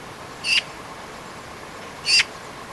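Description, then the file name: Eurasian magpie giving two brief, harsh, rasping notes about one and a half seconds apart over a steady background hiss. "Pica pica"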